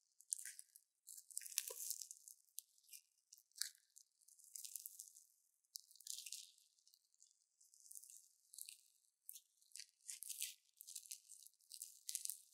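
Crunchy slime being squeezed and pressed, a rapid stream of bright crackling pops in short bursts with brief quiet gaps throughout.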